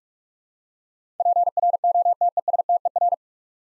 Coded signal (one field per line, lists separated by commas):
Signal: Morse code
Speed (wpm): 44 wpm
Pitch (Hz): 700 Hz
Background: none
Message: PROTESTER